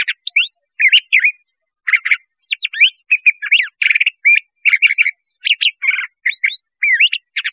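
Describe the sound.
Curve-billed thrasher song: a continuous stream of rich, varied notes, some buzzy and rasping, others clear rising whistles, delivered in quick short bursts.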